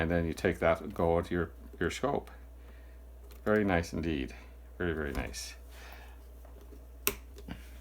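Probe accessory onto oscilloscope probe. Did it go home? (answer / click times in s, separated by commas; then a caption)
yes / 7.1 s. Someone talks while a test accessory is pushed onto an oscilloscope probe fitting. It gives a sharp snap at 7.1 seconds, followed by a few faint taps. The accessory locks in place on the probe.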